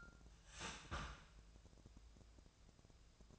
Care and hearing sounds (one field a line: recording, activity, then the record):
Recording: daily activity, microphone in the room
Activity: start toaster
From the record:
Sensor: 2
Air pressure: 1000.0 hPa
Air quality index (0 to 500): 144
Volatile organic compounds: 2 ppm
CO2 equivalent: 1219 ppm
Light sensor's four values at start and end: 26/66/28/30 and 26/65/28/30